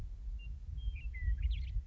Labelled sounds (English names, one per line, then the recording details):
Western Meadowlark
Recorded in Sonoma County, California